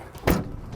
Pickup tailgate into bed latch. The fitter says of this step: where it'll snap into place with it snap down into place simply close your tailgate